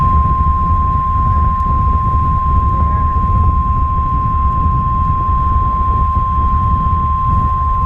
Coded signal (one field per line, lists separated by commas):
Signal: Emergency Alert System (SAME) tones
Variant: 1050 Hz attention tone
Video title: NOAA EAS Alert #30: Flash Flood Warning (FFW) Orange, Riverside Counties, CA (WXM66)